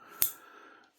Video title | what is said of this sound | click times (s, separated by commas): Ameight Preyert 2 Ti M390 (not sure if this could be better) #timbersedgeknives #knifedisassembly | Hear that click come out of there? | 0.2 s